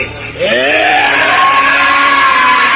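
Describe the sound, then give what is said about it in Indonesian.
A man screams as loud as he can, his anger no longer contained: a long, furious scream that rises sharply and then holds a loud, strained pitch, with a reverberant echo ringing through it. “Setelah beberapa saat menunggu Ki Ageng Pesanggaran tak juga muncul-muncul, akhirnya Sabah Langit berteriak sekencang-kencangnya. Pertanda kemarahannya tak bisa dibendung lagi.”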